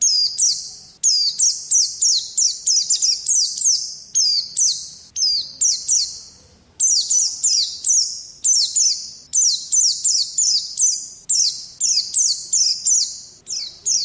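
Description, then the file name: White-eye song: bright, high, descending whistled phrases repeated in a fast, steady, insistent series. White-eye (pleci) singing in the ngalas song style. "pleci ngalas omkicau"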